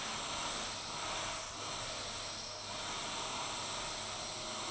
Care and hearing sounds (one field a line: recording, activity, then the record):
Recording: daily activity, microphone in the room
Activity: vacuum cleaning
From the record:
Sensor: 5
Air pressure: 999.4 hPa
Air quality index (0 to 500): 226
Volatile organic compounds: 23 ppm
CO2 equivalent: 2768 ppm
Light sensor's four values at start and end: 34/79/32/30 and 34/79/32/30